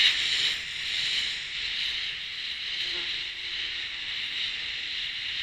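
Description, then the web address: Insect buzzing in a steady, high, hissing drone that holds without a break for the whole stretch. "cats sikioto insect"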